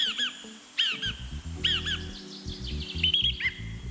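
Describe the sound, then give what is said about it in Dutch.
A song thrush sings alone, repeating short, clear whistled phrases in bursts with brief pauses, bright and fairly loud against a low steady hum. “En kandidaat is onder meer de zanglijster. Komt-ie.”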